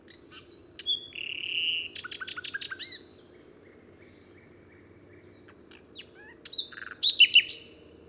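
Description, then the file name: Common nightingale singing: a high whistled note, then a burst of rapid repeated notes, a quiet pause of several seconds, and another loud, varied phrase near the end. "Luscinia megarhynchos"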